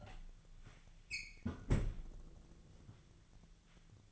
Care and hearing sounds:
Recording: daily activity, microphone in the room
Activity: close fridge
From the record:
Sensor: 4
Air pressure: 1000.9 hPa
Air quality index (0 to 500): 125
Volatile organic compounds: 1 ppm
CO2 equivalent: 938 ppm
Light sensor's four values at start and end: 26/61/26/28 and 31/76/32/35

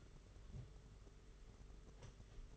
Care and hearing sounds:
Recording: daily activity, microphone in the room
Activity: take from stove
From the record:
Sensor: 4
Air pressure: 991.9 hPa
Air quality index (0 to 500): 85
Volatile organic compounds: 6 ppm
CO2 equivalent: 1935 ppm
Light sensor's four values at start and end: 21/75/27/29 and 21/75/27/29

